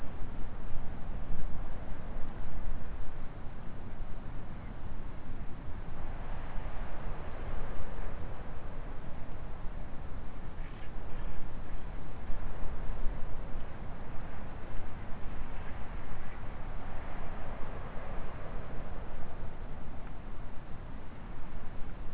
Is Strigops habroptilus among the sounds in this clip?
no